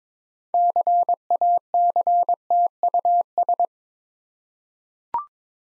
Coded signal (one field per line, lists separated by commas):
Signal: Morse code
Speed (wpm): 22 wpm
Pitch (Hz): 700 Hz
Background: none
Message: CACTUS